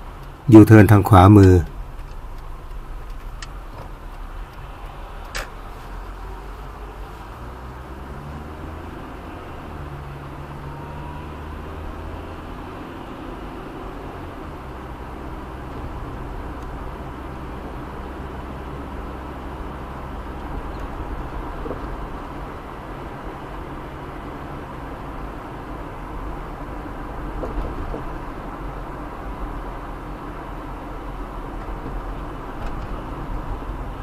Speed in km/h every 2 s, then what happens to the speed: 15, 9, 8, 12, 19, 30, 37, 42, 44, 47, 50, 51, 51, 51, 52, 51, 48.
0-2 slows to 9. 5-20 speeds up to 50. 20-34 steady at about 51.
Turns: 0-6.